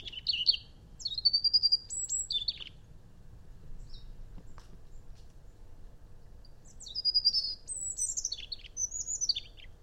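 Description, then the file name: European robin song: two bursts of varied high whistles, trills and sliding notes, the second starting after a pause of about four seconds, with faint low hum behind. "Erithacus rubecula"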